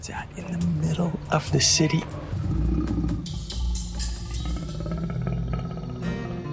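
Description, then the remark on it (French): A wild leopard roaming a city centre among buildings and skyscrapers growls in low, rough, drawn-out rumbles that swell and fade over several seconds, with a busy wash of noise and some indistinct sounds layered on top. “On ne parle pas d'un cerf, d'un lapin ou d'un chien errant, mais d'un léopard sauvage qui se trouve en plein centre-ville.”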